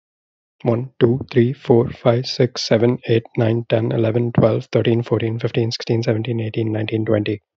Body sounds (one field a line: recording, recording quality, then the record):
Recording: counting at a fast pace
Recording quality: excellent, no background noise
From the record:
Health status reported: healthy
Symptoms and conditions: none ticked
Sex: male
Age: 22 years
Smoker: not ticked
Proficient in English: yes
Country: Canada